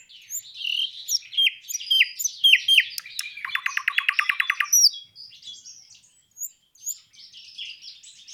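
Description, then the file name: Nightingale singing: repeated whistled phrases break into a rapid, loud rattling trill, followed by quieter varied chirps and warbles. Recorded 26 April 2012. "Luscinia 26 04 2012"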